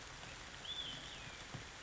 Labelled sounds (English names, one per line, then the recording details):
Olive-sided Flycatcher
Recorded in Sonoma County, California